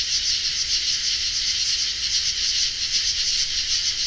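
Insect chorus of steady, shrill pulsed chirping, unbroken throughout, with two brief sharper chirps standing out above the drone.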